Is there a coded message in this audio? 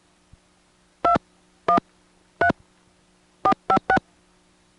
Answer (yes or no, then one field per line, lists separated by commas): yes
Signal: DTMF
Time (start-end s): 1.0-4.0 s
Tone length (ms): 90 ms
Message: 213456